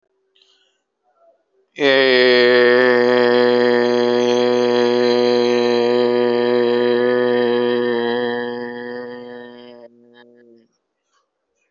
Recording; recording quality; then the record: sustained vowel as in made; excellent, no background noise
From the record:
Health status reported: healthy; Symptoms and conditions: hypertension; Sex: male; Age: 50 years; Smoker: not ticked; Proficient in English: yes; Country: India